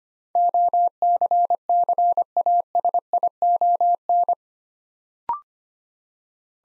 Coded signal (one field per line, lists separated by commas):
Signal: Morse code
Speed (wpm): 25 wpm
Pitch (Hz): 700 Hz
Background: none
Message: OCCASION